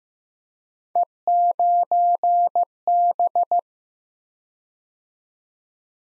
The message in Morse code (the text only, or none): E9B